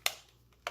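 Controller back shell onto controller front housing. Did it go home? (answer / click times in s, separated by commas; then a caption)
yes / 0.1 s. The plastic back shell of a Sega Saturn 3D controller, reassembled after fixing pad shift and cleaning, is laid over the triggers and pressed onto the front housing. It snaps together with a sharp click at 0.1 s, a faint tick near 0.5 s and another sharp click near 0.7 s. The shell is seated in place.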